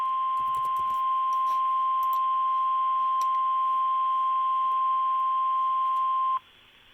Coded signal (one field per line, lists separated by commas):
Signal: Emergency Alert System (SAME) tones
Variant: 1050 Hz attention tone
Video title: EAS 1785-1786 KEC65 RWT